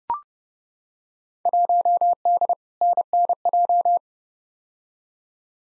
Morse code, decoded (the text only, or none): 1D NNJ